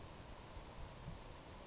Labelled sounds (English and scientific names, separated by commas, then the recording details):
Savannah Sparrow (Passerculus sandwichensis)
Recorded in Sonoma County, California